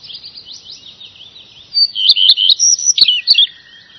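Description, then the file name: Redstart song: soft high twittering at first, then a loud burst of sharp chirps and slurred notes, ending with a faint steady lower whistle. "roodstaart"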